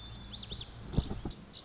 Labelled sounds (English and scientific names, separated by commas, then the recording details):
Lazuli Bunting (Passerina amoena)
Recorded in Sonoma County, California